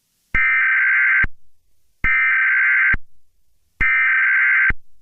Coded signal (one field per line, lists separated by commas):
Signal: Emergency Alert System (SAME) tones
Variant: header bursts